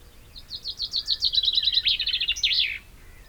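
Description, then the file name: Common chaffinch song: a series of rapid notes that grows louder, then ends in a brief flourish. "Fringilla coelebs"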